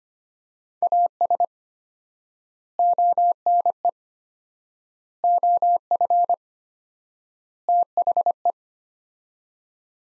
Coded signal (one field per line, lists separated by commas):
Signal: Morse code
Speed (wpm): 25 wpm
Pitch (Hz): 700 Hz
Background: none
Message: AS ONE OF THE